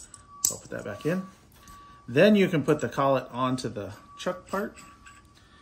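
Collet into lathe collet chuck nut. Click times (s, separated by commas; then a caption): 0.5 s. A metal collet is pressed back into a lathe collet chuck nut so its groove engages the ring inside the nut, giving a sharp snap at 0.5 s as it seats. Someone talks before and after the snap, and a steady faint tone is heard in the background.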